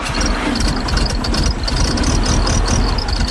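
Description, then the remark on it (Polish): An old car engine, just started and left to warm up before driving, idles steadily with a low, rough, rhythmic rumble and a faint rattling vibration, holding an even level throughout with no voices. “Większość ludzi w dzisiejszych czasach wskakuje do samochodu rano i pędzi albo do pracy, albo do sklepu, a tutaj niestety jest auto jeszcze generacji takiej, że trzeba odpalić i niestety troszeczkę poczekać.”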